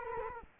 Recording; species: mosquito wingbeat signal from an infrared sensor; Culex quinquefasciatus